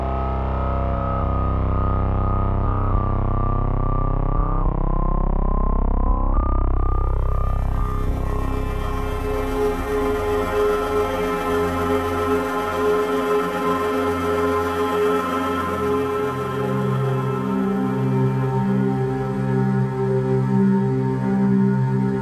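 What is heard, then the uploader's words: Layered tones with unusual overtones bend and glide together for eight seconds, then settle into a dense, steady drone with a bright hiss above. On one set, we toy with the unusual harmonics of complex, layered source tones. Sometimes dirty and uncomfortable.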